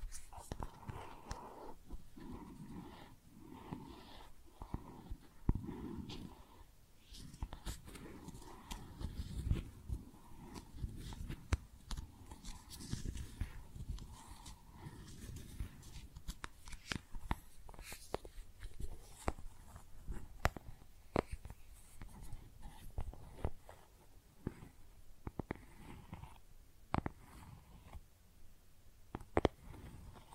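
Makeup tapping and scratching sounds, with sharp taps and clicks arriving irregularly and often throughout, clustering more densely after the midpoint. Soft scratchy rustling and low thumping fill the gaps, and a faint steady hum runs underneath.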